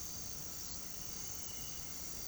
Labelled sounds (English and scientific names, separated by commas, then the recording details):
none
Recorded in pastures near Puerto Asís, Putumayo, Colombia, on 8 March 2025 at 18:00
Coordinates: 0.486, -76.323
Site G075